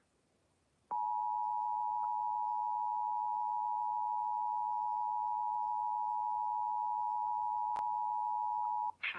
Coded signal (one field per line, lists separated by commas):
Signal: Emergency Alert System (SAME) tones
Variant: 853 and 960 Hz attention tone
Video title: EAS Severe T’storm Warning #14 3/14/25 (Credit Goes To @SouthernPennsylvaniaWX & @KanawhaCountyWX)